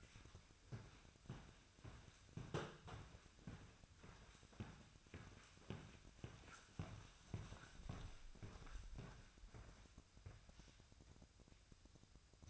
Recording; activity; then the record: daily activity, microphone in the room; walk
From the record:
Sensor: 2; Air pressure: 1001.5 hPa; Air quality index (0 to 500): 230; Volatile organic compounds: 27 ppm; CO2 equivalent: 2884 ppm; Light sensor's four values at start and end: 9/29/11/11 and 9/29/11/11